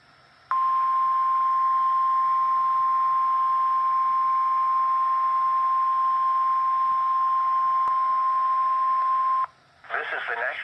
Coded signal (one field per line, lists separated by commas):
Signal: Emergency Alert System (SAME) tones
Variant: 1050 Hz attention tone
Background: speech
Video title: WXL61 Required Weekly Test #6 (EAS #494)